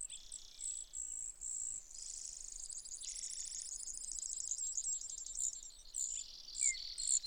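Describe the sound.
Brewer's sparrow song: high buzzy trills at shifting pitches.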